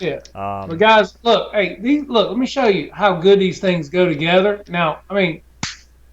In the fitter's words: you hear that click?